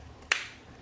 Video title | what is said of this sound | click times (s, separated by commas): GoPro Hero 11 Black Creator Edition unboxing, tutorial, and in depth tech specs and review. | slide that in there you hear that little click so essentially that's that right there | 0.3 s